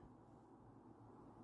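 The black-coated steel blade of a folding camp knife with olive plastic handle scales is being opened out of its handle toward the locked position. Only a steady low rumble and faint handling noise are heard, with no sharp transients. The blade has not yet clicked or locked open.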